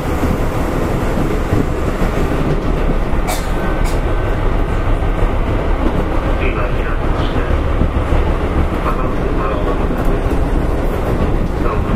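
Running noise aboard a Keihan Electric Railway 5000 series train on a semi express: a steady, dense low rumble and roar that holds level for the whole twelve seconds. Brief bright squeals and clicks surface around three to four seconds, with faint voices underneath.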